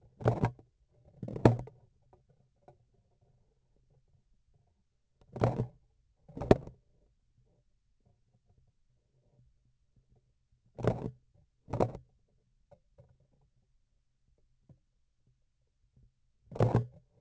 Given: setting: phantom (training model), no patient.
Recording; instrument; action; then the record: laparoscopic instrument, vibration sensor on the handle end; grasping forceps; opening and closing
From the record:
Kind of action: tool actuation without material contact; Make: other than Olympus